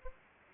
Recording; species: mosquito wingbeat signal from an infrared sensor; Aedes aegypti